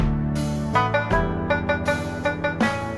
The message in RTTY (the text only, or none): none